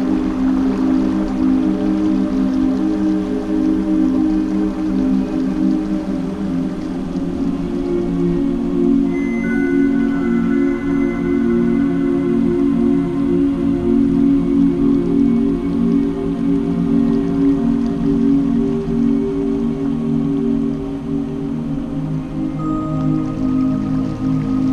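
Soft piano holds low, sustained chords at a steady level for the whole stretch, with a few thin high notes ringing in midway and near the end.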